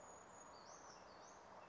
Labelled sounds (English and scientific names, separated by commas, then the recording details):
Brown Creeper (Certhia americana)
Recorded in Sonoma County, California